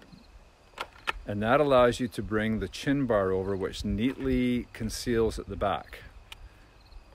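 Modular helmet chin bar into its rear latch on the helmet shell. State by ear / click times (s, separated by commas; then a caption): seated / 6.3 s. The chin bar of a modular motorcycle helmet is swung over to the back and latched into its rear latch on the helmet shell while someone talks. A single sharp click is heard at 6.3 seconds as the chin bar seats into place.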